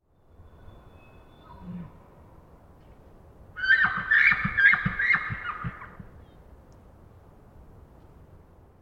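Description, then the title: Elk giving a bouncing, stuttering laugh of rapid pulsed notes lasting about two seconds, preceded by a faint short call, over a low steady background hum. Male elk giving a bouncing, settling laughing vocalization after roaring; multiple herds around a campsite in the early morning; Pacific Northwest, Washington, United States; double mid-side recording, lightly noise-expanded. "Wild Elk Laughs"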